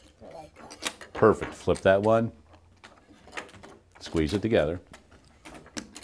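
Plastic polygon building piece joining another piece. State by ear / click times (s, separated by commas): seated / 5.8 s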